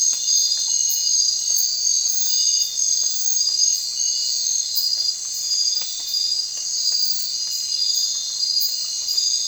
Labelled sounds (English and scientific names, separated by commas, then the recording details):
none
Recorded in secondary vegetation near Puerto Asís, Putumayo, Colombia, on 30 June 2025 at 20:00
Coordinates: 0.499, -76.323
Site G077